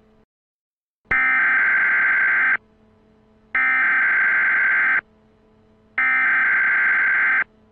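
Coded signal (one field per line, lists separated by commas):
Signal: Emergency Alert System (SAME) tones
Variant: header bursts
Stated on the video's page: Fictional EAS scenario, simulated alert about a Cascadia Subduction Zone earthquake.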